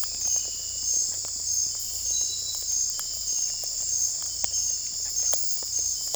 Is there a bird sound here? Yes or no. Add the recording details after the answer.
no. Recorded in secondary vegetation near Puerto Asís, Putumayo, Colombia, on 16 December 2024 at 00:30. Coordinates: 0.481, -76.318. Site G042